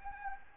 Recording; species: mosquito wingbeat signal from an infrared sensor; Anopheles arabiensis